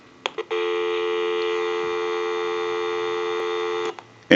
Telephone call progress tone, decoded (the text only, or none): dial tone